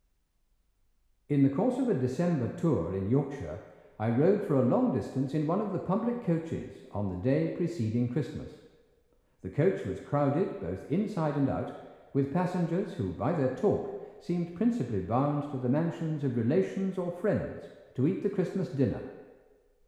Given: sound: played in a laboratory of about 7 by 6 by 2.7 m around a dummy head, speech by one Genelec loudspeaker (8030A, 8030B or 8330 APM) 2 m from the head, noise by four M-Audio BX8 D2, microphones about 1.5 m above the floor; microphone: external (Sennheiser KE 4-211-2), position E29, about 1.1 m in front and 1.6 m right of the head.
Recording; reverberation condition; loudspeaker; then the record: male speech in English; high; 60 degrees to the right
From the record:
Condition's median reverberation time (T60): about 1300 ms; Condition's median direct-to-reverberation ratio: about -4.0 dB